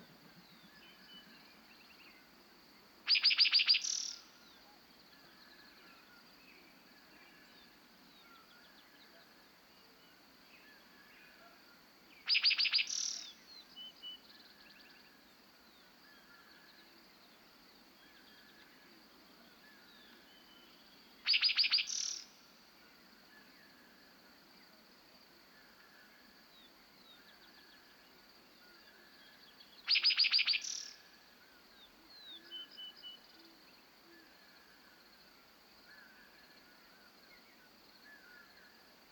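Spring birds on a northern Montana prairie at dawn: a loud, bright song bursts out four times, about every nine seconds, over steady low hiss.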